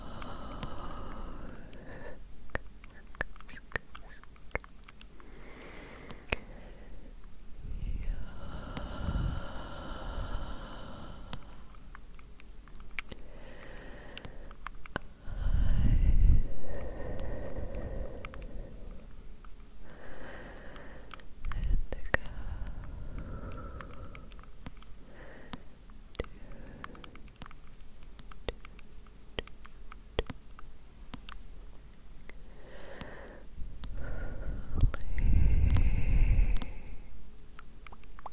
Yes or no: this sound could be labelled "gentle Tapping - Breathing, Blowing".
yes